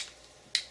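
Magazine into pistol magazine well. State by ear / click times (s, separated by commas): seated / 0.6 s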